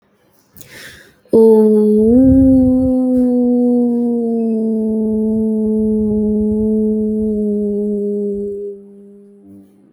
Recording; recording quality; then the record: sustained vowel as in boot; excellent, no background noise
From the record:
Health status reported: healthy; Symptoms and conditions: none ticked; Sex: female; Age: 30 years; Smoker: not ticked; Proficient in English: yes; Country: India